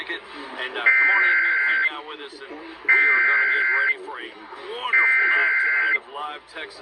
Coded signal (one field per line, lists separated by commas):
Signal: Emergency Alert System (SAME) tones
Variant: header bursts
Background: speech